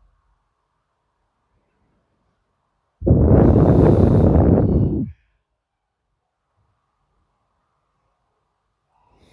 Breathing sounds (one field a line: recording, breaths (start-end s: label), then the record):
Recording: nose breathing near a microphone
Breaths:
1.12-3.00 s: inhalation
3.00-4.88 s: exhalation
7.08-8.80 s: inhalation
8.80-9.32 s: exhalation
From the record:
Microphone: phone